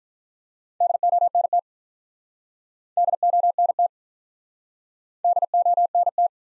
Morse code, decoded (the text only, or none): DONT DONT DONT